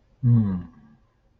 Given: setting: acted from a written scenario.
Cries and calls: vocal sound without words; serenity

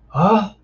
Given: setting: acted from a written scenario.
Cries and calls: vocal sound without words; negative surprise

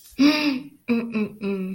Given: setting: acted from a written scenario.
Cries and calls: vocal sound without words; shame

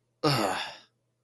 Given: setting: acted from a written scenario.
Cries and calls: vocal sound without words; disgust

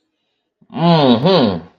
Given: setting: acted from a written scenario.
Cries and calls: vocal sound without words; pride

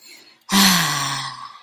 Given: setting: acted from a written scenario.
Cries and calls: vocal sound without words; pride

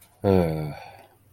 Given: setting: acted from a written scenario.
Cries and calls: vocal sound without words; disappointment

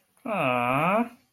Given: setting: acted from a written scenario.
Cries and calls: vocal sound without words; awe

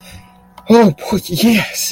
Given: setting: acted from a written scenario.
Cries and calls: vocal sound without words; elation

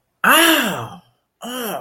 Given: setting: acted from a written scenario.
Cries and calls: vocal sound without words; pain

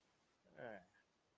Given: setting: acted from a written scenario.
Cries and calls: vocal sound without words; negative surprise

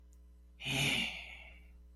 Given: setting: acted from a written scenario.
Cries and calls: vocal sound without words; pride

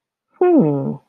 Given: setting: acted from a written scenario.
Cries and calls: vocal sound without words; interest

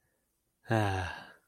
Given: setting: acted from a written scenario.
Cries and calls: vocal sound without words; romantic love

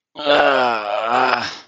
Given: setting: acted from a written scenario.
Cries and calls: vocal sound without words; pain

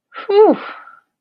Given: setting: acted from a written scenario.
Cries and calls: vocal sound without words; relief

